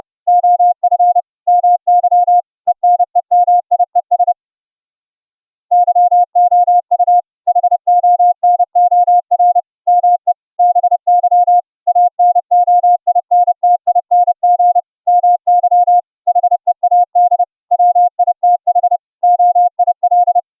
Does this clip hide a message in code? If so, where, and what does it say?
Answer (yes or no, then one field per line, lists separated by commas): yes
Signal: Morse code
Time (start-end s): 0.3-20.4 s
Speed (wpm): 30 wpm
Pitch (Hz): 710 Hz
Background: none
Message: OF MY ENEMIES YOU HONOR ME BY ANOINTING MY HEAD WITH OIL